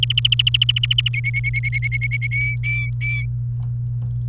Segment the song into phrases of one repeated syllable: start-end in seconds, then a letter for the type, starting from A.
0.03-1.08 A, 1.14-2.27 B, 2.31-3.24 C